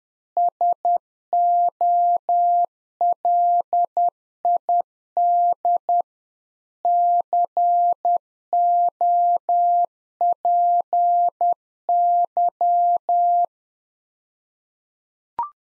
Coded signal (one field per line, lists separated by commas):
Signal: Morse code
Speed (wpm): 10 wpm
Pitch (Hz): 700 Hz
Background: none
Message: SOLID COPY